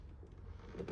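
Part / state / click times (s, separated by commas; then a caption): door mirror glass onto exterior mirror housing / not seated / none. Door mirror glass being fitted by hand onto the exterior mirror housing of a Jaguar XKR, working mostly blind. Low rustling and handling noise with a brief sharper knock near 0.9 s. Nothing has seated or clicked yet.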